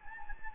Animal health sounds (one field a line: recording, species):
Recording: mosquito wingbeat signal from an infrared sensor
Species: Anopheles gambiae